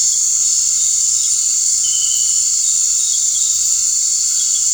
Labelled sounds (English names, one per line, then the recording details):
none
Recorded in dense forest near Puerto Asís, Putumayo, Colombia, on 12 March 2025 at 18:30
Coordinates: 0.485, -76.318
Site G056